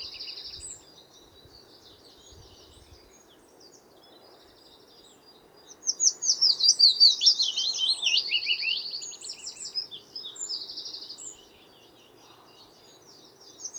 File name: fitis zang